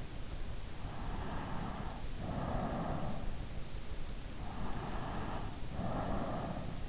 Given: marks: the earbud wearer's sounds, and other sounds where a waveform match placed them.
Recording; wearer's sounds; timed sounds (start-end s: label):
sounds in sleep by an in-ear microphone; breath
0.74-3.31 s: breath
4.40-6.86 s: breath